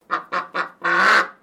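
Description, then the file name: Pekin duck quacking in agitation, three short harsh nasal quacks in quick succession followed by a longer drawn-out rasping quack. "BIRD DUCK PEKING QUACK AGITATED"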